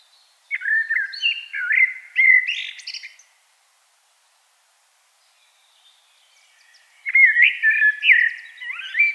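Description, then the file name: Common blackbird song, two rich warbling phrases of fluty whistles and squeaky twitters, with a silent pause of about four seconds between them. "Turdus merula"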